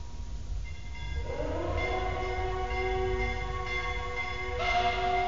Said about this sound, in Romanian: Sirena asta înspăimântătoare și clopotele. De ce oare ceața face să ți se pară totul trist?